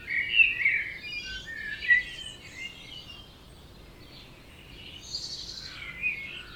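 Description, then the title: Birds twitter in high, rapid phrases at the start, then a quieter pause, then more chirps near the end. Dawn chorus at 4am in Oberhofen, Inntal, Austria; binaural, for headphones. "Birds Oberhofen Inntal Austria - 4am - binaural version"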